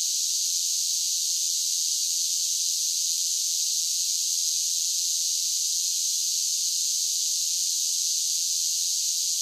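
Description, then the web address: Many cicadas singing together, a constant high, sizzling buzz that stays steady from start to finish. Large groups of cicadas singing. "Blast Wave 5 1 5 1 SSFX Cicadas Sing. cicadas large groups singing insects bugs"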